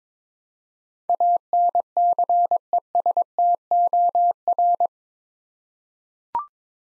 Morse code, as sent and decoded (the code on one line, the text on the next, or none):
.- -. -.-. . ... - --- .-.
ANCESTOR